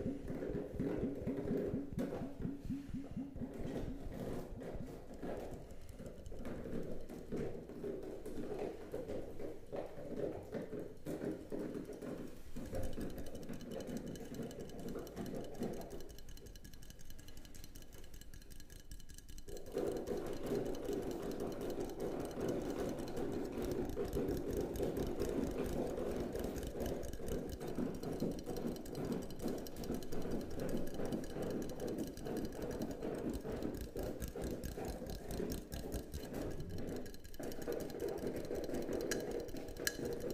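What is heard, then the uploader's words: Rapid, dense tapping runs almost continuously in a fast mechanical rhythm, mostly low and thumpy, easing briefly around sixteen seconds before resuming. Tapping Overload.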